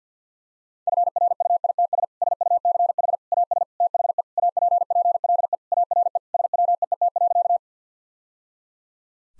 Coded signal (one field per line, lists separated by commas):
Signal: Morse code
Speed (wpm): 50 wpm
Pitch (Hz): 700 Hz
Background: none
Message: FRUITS SUCH AS THE APPLE ARE SWEET.